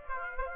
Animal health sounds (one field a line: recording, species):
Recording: mosquito wingbeat signal from an infrared sensor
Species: Aedes aegypti